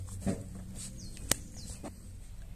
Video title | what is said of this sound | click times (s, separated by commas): ▶️How To Clean Your RV Sewage Hose HOW TO POWER WASH RV Disposal Line | this is really really easy just snaps in place like a count and to | 1.3 s